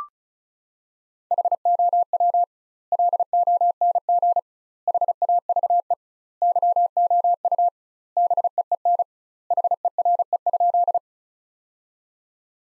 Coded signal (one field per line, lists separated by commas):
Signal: Morse code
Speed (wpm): 34 wpm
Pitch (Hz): 700 Hz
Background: none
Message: HOW LONG HAVE YOU BEEN HERE?